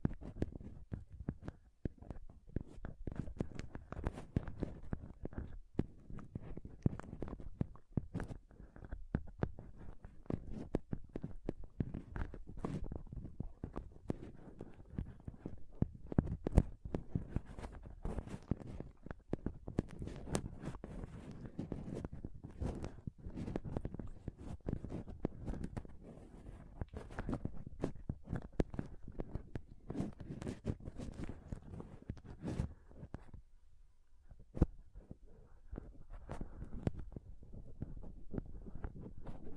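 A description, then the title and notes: Close-up scratching and touching on a microphone fills the whole clip with dense, rapid rubbing and tapping. The sound is heavy in the lows, with frequent sharp clicks and brief brighter scrapes, and a short near-silent gap around 34 seconds. ASMR Intense Mic Scratching & Touching Close-Up Mic Sounds (No Talking).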